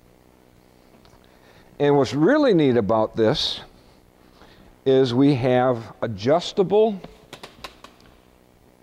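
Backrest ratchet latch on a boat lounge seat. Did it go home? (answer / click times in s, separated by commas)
yes / 7.3 s, 7.4 s, 7.6 s, 7.8 s, 8.0 s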